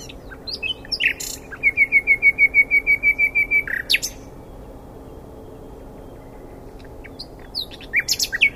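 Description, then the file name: Common nightingale song: a few sharp chirps, then a long, even run of many loud repeated notes, then scattered sharp chirps after a pause. "Luscinia megarhynchos"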